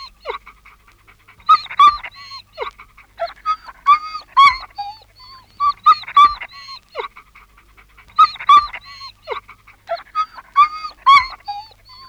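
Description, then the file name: Dog yelping: bursts of high, whining yelps and whimpers, several in quick succession, repeated every few seconds with short pauses between. Anxious yelping of a dog. "Angstig janken van een hond - Sound Cloud - Beeld en Geluid"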